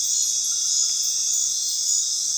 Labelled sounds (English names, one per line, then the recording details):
none
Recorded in dense forest near Puerto Asís, Putumayo, Colombia, on 20 February 2024 at 22:30
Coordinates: 0.499, -76.324
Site G6469